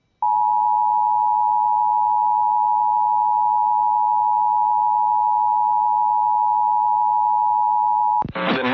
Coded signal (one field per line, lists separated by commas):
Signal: Emergency Alert System (SAME) tones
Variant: 853 and 960 Hz attention tone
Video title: TOR in Louisiana (EAS #14)